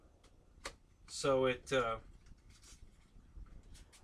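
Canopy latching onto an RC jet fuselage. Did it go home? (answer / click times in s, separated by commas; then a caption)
yes / 0.7 s. The canopy of an RC jet is pushed back onto the fuselage, and its latch locks it in place with a crisp tick at 0.7 s. Someone talks briefly afterward, and the canopy stays locked.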